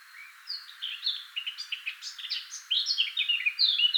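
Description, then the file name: Eurasian blackcap song: a fast, varied warble of scratchy and sweet notes that grows louder toward the end. "Sylvia atricapilla"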